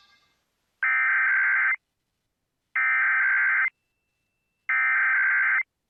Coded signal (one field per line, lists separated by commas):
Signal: Emergency Alert System (SAME) tones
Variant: header bursts